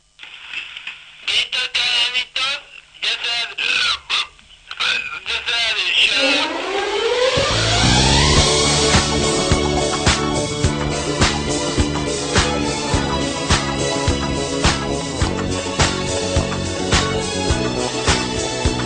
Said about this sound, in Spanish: Bueno, vamos a un separador, una cortinita y volvemos.